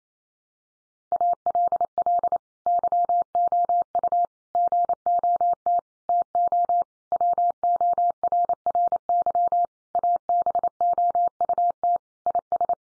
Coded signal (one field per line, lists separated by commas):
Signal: Morse code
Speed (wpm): 28 wpm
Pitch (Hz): 700 Hz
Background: none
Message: ALL YOU GOT TO WORRY ABOUT IS